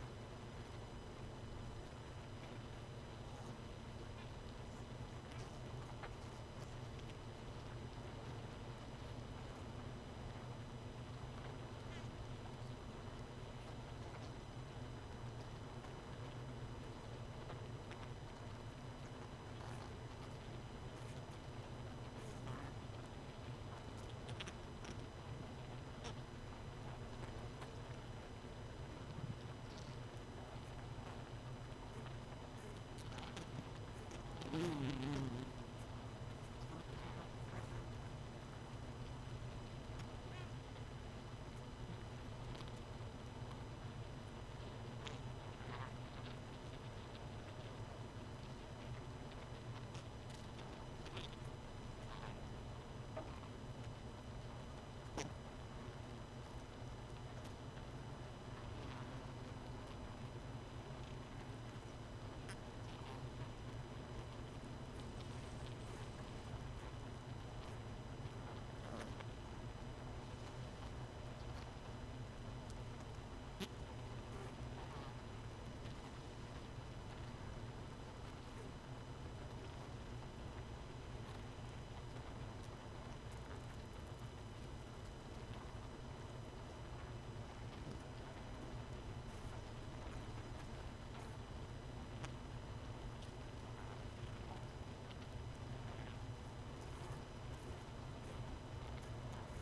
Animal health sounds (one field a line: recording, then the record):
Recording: honeybee colony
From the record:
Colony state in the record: missing queen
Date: 31 May 2018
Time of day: 1:45